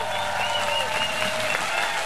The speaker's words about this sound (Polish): Wielkie brawa! Rycerz słowa, filozof estrady …!